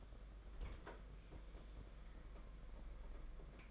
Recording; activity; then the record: daily activity, microphone in the room; open fridge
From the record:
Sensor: 5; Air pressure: 992.0 hPa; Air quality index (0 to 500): 200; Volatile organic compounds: 1000 ppm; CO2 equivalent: 5766 ppm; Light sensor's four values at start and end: 30/103/38/40 and 30/101/37/40